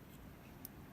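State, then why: Seated. Another folding pot-support arm on a titanium gas burner, which goes on a gas bottle, is opened and locks with a small, firm click at 0.7 s over a low, steady background rumble. The arm is seated in place.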